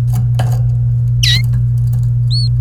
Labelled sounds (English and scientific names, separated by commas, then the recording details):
Domestic Canary (Serinus canaria) song
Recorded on 28 April 2018 at 12:30
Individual llb3